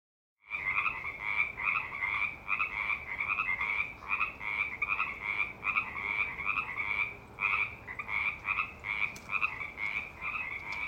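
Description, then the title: Frog croaking of rapid, pulsed notes repeating almost continuously. Frogs back and calling in chorus. "The Frogs Are Back!"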